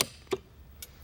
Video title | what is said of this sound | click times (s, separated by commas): VTS 02 1 | until it clicks. | 0.0 s